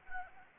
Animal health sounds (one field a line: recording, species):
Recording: mosquito wingbeat signal from an infrared sensor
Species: Anopheles gambiae